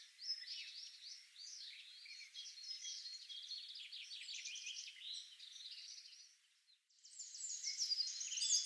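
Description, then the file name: Eurasian wren song: a long, rapid outpouring of high trills and twitters, a brief pause, then another loud fast burst rising in volume. "Troglodytes troglodytes"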